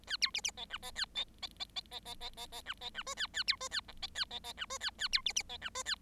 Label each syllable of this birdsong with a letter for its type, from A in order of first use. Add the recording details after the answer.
A B C C D E D A D D D D D D D D D E D E F A A B F A G D A D D E F A A B C C D E F A. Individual Bird7